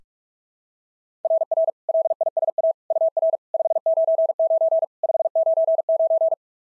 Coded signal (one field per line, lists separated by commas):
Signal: Morse code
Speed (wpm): 42 wpm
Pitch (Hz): 660 Hz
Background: none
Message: RR LISA UR 599 599